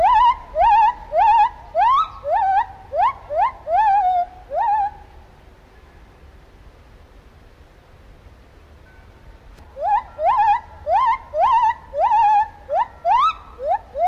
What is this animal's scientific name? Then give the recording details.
Hylobates lar. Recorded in captivity. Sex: female. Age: adult. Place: Zoo Berlin, Berlin, DE. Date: 1994-08-27. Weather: heiter, 16-22°C. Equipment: Marantz CP 430, Sennheiser ME 80, Kopie Uher Variocord 263. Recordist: Tembrock, Günter. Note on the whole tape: Weibchen: Lautfolgen, Ansatz zum "Großen Gesang" (das helle Weibchen) - längere Stücke; Geräusch Springbrunnen